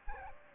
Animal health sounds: mosquito wingbeat signal from an infrared sensor; Anopheles gambiae

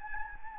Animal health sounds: mosquito wingbeat signal from an infrared sensor; Anopheles gambiae

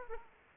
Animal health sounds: mosquito wingbeat signal from an infrared sensor; Aedes aegypti

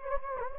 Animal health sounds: mosquito wingbeat signal from an infrared sensor; Anopheles gambiae

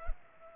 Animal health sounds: mosquito wingbeat signal from an infrared sensor; Culex pipiens

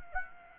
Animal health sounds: mosquito wingbeat signal from an infrared sensor; Aedes aegypti

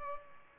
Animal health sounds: mosquito wingbeat signal from an infrared sensor; Culex pipiens

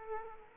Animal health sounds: mosquito wingbeat signal from an infrared sensor; Aedes aegypti

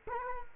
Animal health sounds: mosquito wingbeat signal from an infrared sensor; Culex quinquefasciatus

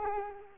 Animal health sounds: mosquito wingbeat signal from an infrared sensor; Culex quinquefasciatus

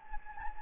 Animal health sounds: mosquito wingbeat signal from an infrared sensor; Anopheles gambiae

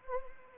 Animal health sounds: mosquito wingbeat signal from an infrared sensor; Anopheles arabiensis

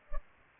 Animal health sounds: mosquito wingbeat signal from an infrared sensor; Culex pipiens

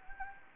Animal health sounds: mosquito wingbeat signal from an infrared sensor; Anopheles gambiae

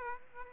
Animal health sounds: mosquito wingbeat signal from an infrared sensor; Aedes aegypti

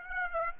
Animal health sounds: mosquito wingbeat signal from an infrared sensor; Aedes aegypti

